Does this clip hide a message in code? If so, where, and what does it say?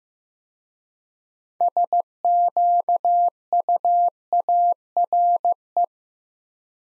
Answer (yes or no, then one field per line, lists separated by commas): yes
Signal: Morse code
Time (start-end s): 1.6-5.8 s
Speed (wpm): 15 wpm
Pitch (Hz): 700 Hz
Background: none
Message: SQUARE